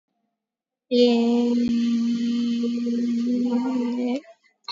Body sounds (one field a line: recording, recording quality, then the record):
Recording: sustained vowel as in made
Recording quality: excellent, no background noise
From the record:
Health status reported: COVID-19 positive, moderate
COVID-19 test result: positive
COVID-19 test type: RT-PCR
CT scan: not taken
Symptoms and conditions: cough, cold, sore throat, fever, muscle pain, loss of smell and taste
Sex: female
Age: 21 years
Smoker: no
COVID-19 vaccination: none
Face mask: worn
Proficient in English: yes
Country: India